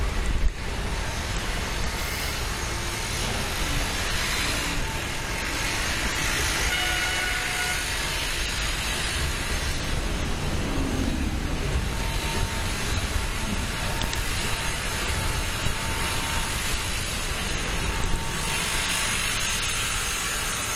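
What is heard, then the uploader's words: Steady, dense city traffic rumbles along a snowy cycle path, with a low roar, brief brighter swells of passing vehicles, and thin tonal hums. Hämeentie (Helsinki) cycle path after a snowstorm. We had a major snowstorm in Helsinki today and what better way to celebrate than grab the mountain bike and go out for a ride.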